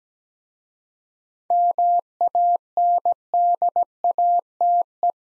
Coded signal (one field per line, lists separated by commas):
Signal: Morse code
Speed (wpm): 17 wpm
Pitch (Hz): 700 Hz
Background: none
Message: MANDATE